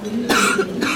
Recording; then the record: coughing mixed with background sound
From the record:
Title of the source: 64 coughing, allergies, singing lungs